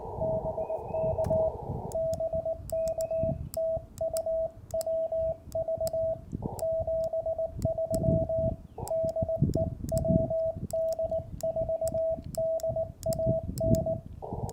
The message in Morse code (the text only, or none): BK BK TU WV 73 DE WD4DAN